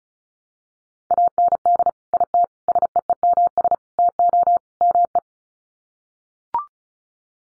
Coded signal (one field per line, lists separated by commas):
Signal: Morse code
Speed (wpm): 34 wpm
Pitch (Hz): 700 Hz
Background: none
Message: AND IT SEEMS TO ME